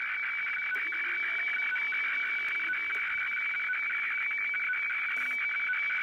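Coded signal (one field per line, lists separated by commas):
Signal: weather fax (radiofax)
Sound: steady high warbling tone flickering between two pitches with rhythmic scratchy ticking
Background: radio static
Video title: Sony CRF-V21 - WeFax from Kyodo News Agency Japan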